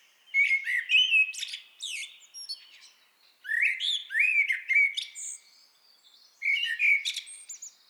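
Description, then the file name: Eurasian blackbird singing three phrases of mellow fluted warbling mixed with higher, squeaky twittering notes, with short pauses between phrases. "Turdus merula"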